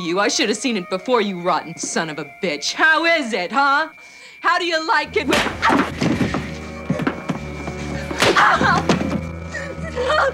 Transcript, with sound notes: I should have seen it before, you rotten son of a bitch. How is it? Huh? How do you like it when... (Soundbite of fighting and sobbing) Ow.